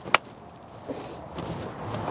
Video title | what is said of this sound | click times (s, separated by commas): Baby Jogger City Turn Installation - Rotating Convertible Car Seats Comparison - Part 4 of 5 | So that is locked off. I heard it click. | 0.2 s